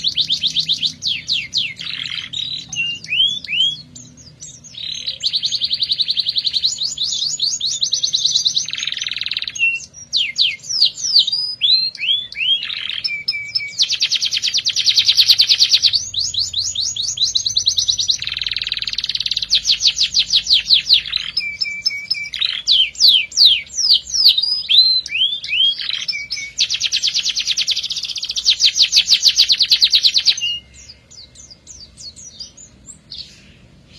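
A canary sings in long, continuous bursts of bright trills and rapid chirps, with dense rolling phrases high in pitch. The song runs almost without pause, briefly thinning around 4, 10 and 18 seconds, then fades after about 31 seconds to sparse calls. A faint low hum sits underneath.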